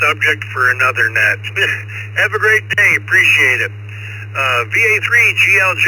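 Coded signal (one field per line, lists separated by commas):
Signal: Emergency Alert System (SAME) tones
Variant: header bursts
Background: speech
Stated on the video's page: Off-air recording of East Coast Reflector Morning Brew on-air contacts, recorded by a listener monitoring the bands when open.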